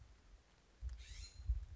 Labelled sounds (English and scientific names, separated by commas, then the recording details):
California Scrub-Jay (Aphelocoma californica)
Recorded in Sonoma County, California